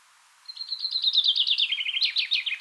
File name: Fringilla coelebs